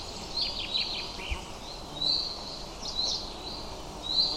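Bird chirps in a quick descending flurry at the start, then scattered flat whistled notes, over a steady low background noise.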